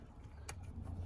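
The electrical multi-plug of a replacement, colour-matched, heated door mirror for an Opel Vauxhall Astra H is pushed into the door harness connector inside the door. A single sharp click is heard at 0.5 s over a steady low hum, and the multi-plug is seated.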